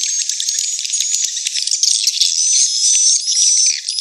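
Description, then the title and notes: Swiftlets twittering: clicky, rattling notes at first, then smoother high whistled tones sliding over the chattering mass. Swiftlet house lure sound of the AKAU brand, from Tien Giang, Vietnam. "Am thanh nha yen Akau Vietnam - Tien giang. Những âm thanh chim yến thuộc thương hiệu AKAU"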